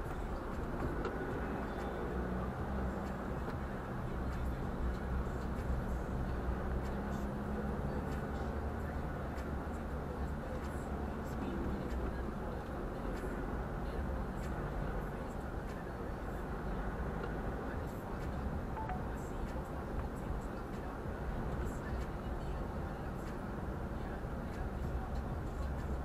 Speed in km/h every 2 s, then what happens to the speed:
24, 26, 27, 29, 32, 32, 33, 35, 36, 36, 37, 35, 32.
0-19 speeds up to 37.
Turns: none.